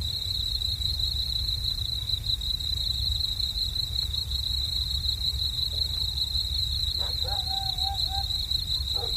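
Cricket keeping up a continuous high pulsing trill; toward the end a brief tonal, wavering sound appears over a steady low rumble.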